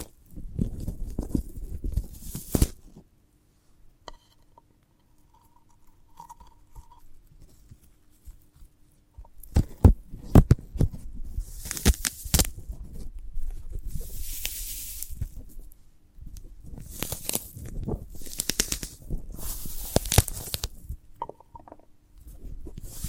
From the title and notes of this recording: ASMR of a Sprouted Coconut (No Talking).